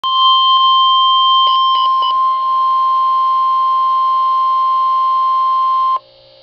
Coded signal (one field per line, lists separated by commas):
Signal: Emergency Alert System (SAME) tones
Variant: 1050 Hz attention tone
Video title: NOAA Weather Radio - EAS #56: Tornado Warning (9/7/2011)